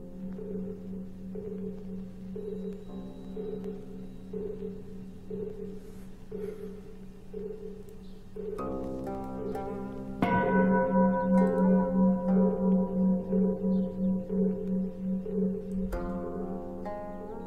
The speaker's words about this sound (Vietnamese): Bất giác cô nghe có tiếng ai gọi, lẫn trong cái tiếng chuông mõ vẫn cứ vang lên như thế.